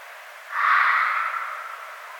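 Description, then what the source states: Red fox scream, a single hoarse drawn-out cry around one to two seconds long, strong at first then fading slowly. Recorded 1 February 2012.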